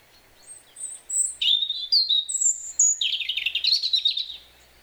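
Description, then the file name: European robin song with high thin whistled notes leading into fast, sweet tumbling warbles, two bright phrases in quick succession. "Erithacus rubecula"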